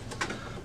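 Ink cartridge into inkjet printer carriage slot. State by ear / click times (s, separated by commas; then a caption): seated / 0.1 s, 0.2 s. A new plastic ink cartridge is slid into its slot in the carriage of an HP Officejet Pro 8720 inkjet printer and pressed all the way in. Two sharp clicks sound at 0.1 s and 0.2 s, the second louder, over a low steady hum. The cartridge clicks into place and sits flush, seated.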